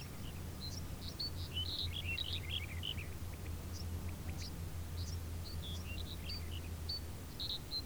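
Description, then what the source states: Bird chorus of quick high chirps and short whistled notes, busiest early, then sparser, with a continuous low hum underneath. Field ambience with birds.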